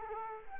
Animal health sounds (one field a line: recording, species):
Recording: mosquito wingbeat signal from an infrared sensor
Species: Culex quinquefasciatus